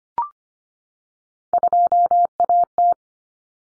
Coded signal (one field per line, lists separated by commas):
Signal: Morse code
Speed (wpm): 25 wpm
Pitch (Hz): 700 Hz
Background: none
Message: 2AT